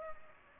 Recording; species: mosquito wingbeat signal from an infrared sensor; Culex pipiens